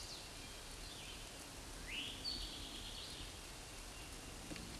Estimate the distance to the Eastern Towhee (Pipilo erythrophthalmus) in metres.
about 60 m